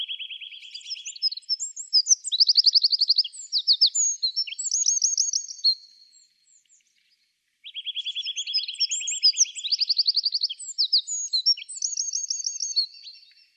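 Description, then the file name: Eurasian wren song: two long loud bursts, each with a rapid low trill, then higher buzzy trills and sharp twittering notes, separated by a short pause. "Troglodytes troglodytes"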